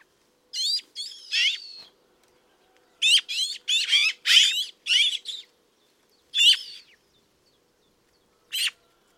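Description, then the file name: Eurasian magpie giving harsh, rattling chatter in short grating bursts, a run of three, then a longer volley of five or six, and two lone bursts after pauses. "Pica pica"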